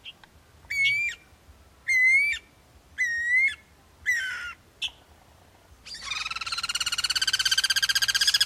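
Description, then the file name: Guira cuckoo calling: four drawn-out, slightly wavering whistled notes at about one-second intervals, a short note, then a loud, rapid, harsh chattering rattle building at the end. Recorded in the Pantanal. "Anu Branco"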